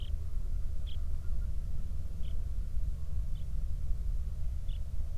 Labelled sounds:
songbird
waterfowl
wind
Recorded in the Prudhoe Bay oil fields, Alaska, on 31 July 2019 at 08:40
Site 24

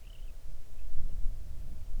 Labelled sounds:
songbird
seabird
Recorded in the Arctic National Wildlife Refuge, Alaska, on 3 August 2019 at 05:22
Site 41

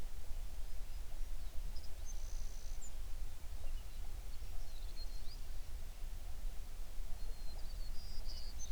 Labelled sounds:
songbird
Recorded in the Prudhoe Bay oil fields, Alaska, on 11 June 2019 at 05:18
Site 21

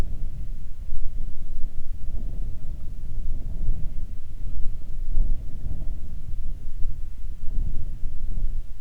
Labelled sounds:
wind
water
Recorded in the Arctic National Wildlife Refuge, Alaska, on 1 June 2019 at 02:41
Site 37

